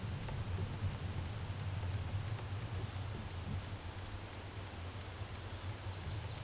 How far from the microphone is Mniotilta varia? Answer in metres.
about 20 m